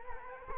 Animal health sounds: mosquito wingbeat signal from an infrared sensor; Culex quinquefasciatus

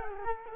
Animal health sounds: mosquito wingbeat signal from an infrared sensor; Culex quinquefasciatus

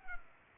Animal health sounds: mosquito wingbeat signal from an infrared sensor; Culex pipiens

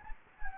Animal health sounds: mosquito wingbeat signal from an infrared sensor; Anopheles gambiae

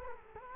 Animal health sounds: mosquito wingbeat signal from an infrared sensor; Culex quinquefasciatus

